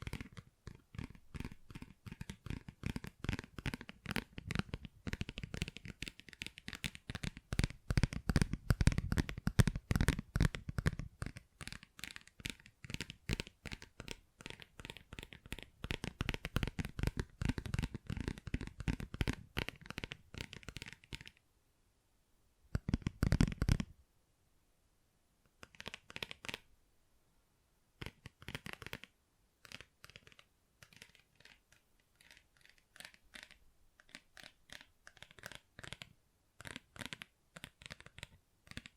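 Tapping and scratching on textured surfaces, a dense run of quick, crisp strokes through the first twenty seconds, swelling and easing in loudness. After that the sound breaks up into short bursts separated by silent gaps, with scattered lighter scrapes toward the end.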